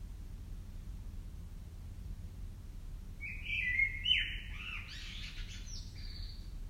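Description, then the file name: Common blackbird giving a single burst of harsh, scratchy and squeaky call notes midway, over steady low rumbling background noise. "Turdus merula"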